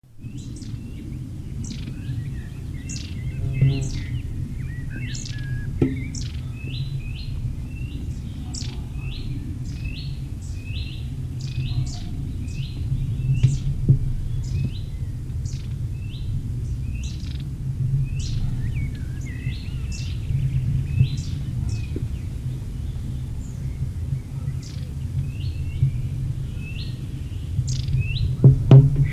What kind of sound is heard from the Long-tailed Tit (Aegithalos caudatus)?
call